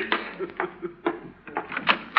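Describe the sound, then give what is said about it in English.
A door is answered and opened: a quick run of irregular clunks, knocks and rattles from the latch and frame, moderately loud, with no voices. “Dennis, you stay right here while I answer the door.”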